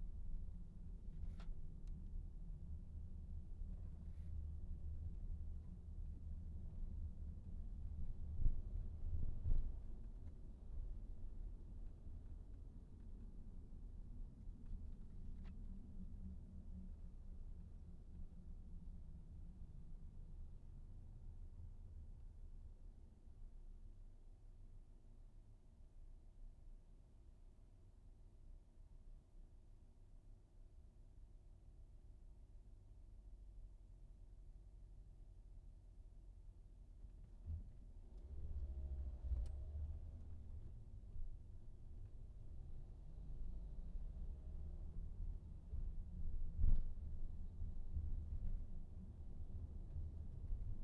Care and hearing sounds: everyday scene through a hearing-aid microphone; in a vehicle; engine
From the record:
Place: VW T5 Caravelle, diesel engine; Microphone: behind the ear, right, front

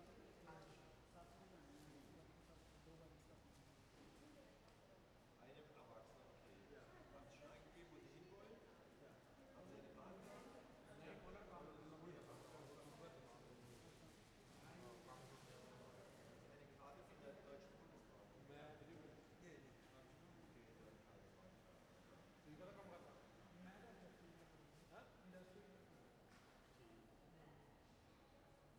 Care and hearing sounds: everyday scene through a hearing-aid microphone; reverberant space; background noise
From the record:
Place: railway station hall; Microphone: behind the ear, left, rear

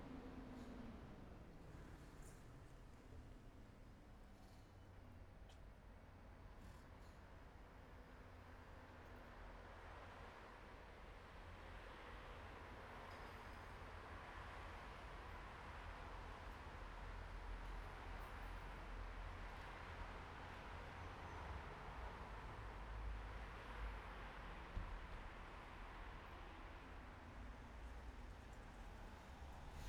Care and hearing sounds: everyday scene through a hearing-aid microphone; in traffic; traffic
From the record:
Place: bus stop on a city main road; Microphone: behind the ear, right, rear

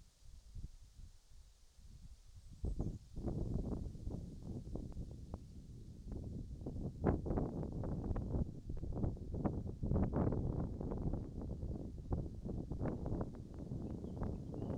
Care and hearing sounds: everyday scene through a hearing-aid microphone; wind on the microphone; wind, birds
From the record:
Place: in front of a rural house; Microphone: in the ear canal, right

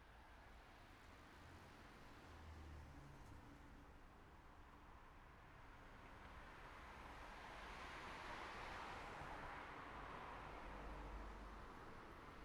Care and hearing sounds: everyday scene through a hearing-aid microphone; in traffic; traffic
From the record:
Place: city secondary road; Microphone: behind the ear, right, rear

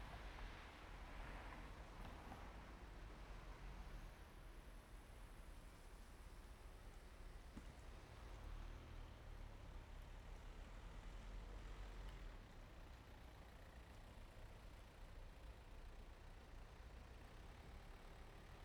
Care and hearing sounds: everyday scene through a hearing-aid microphone; in traffic; traffic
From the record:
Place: main road on the outskirts, rush hour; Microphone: behind the ear, right, rear

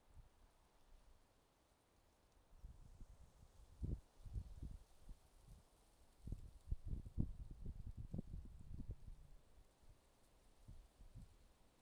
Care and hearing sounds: everyday scene through a hearing-aid microphone; wind on the microphone; wind, traffic, birds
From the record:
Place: suburban garden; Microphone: in the ear canal, left

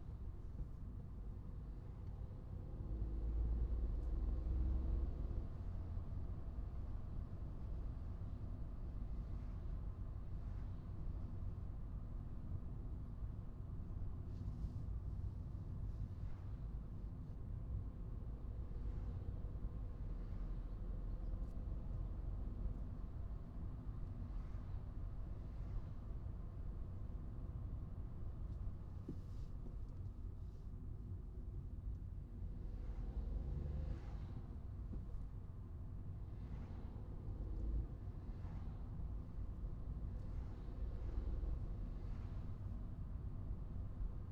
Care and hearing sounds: everyday scene through a hearing-aid microphone; in a vehicle; engine, traffic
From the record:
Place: Skoda Fabia, gasoline engine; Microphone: in the ear canal, right

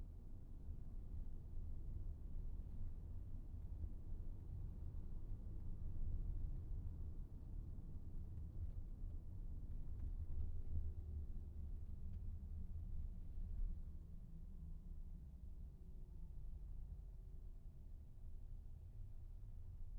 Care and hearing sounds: everyday scene through a hearing-aid microphone; in a vehicle; engine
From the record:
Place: VW T5 Caravelle, diesel engine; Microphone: behind the ear, right, front

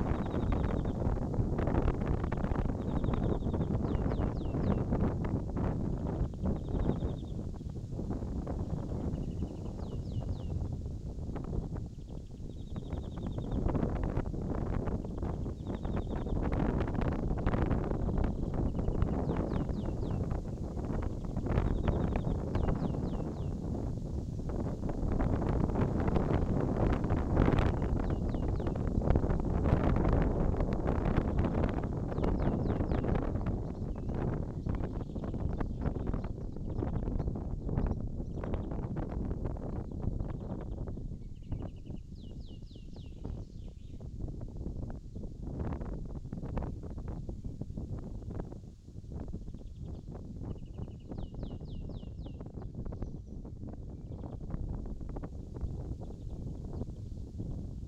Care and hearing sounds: everyday scene through a hearing-aid microphone; wind on the microphone; wind, birds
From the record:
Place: in front of a rural house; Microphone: in the ear canal, left

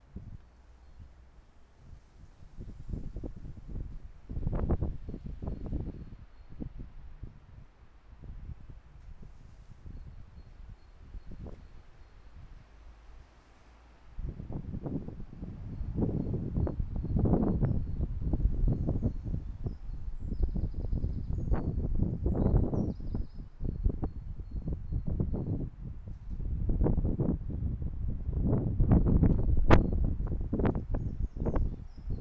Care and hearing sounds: everyday scene through a hearing-aid microphone; wind on the microphone; squally wind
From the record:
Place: parking lot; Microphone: behind the ear, left, front

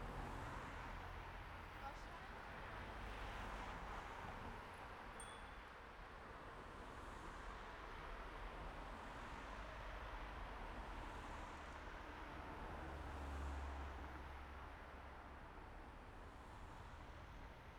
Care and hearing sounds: everyday scene through a hearing-aid microphone; in traffic; traffic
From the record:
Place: main road on the outskirts, rush hour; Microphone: behind the ear, right, rear

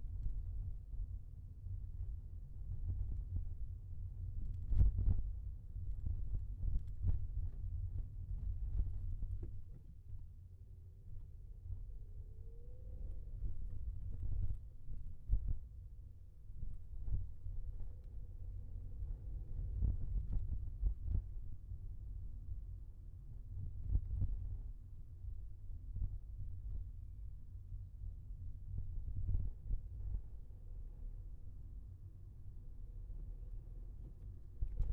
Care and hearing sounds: everyday scene through a hearing-aid microphone; in a vehicle; engine, highway traffic jam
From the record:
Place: Skoda Fabia, gasoline engine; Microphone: behind the ear, left, rear

